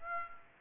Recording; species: mosquito wingbeat signal from an infrared sensor; Aedes aegypti